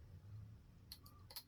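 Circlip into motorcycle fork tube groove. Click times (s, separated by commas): 0.9 s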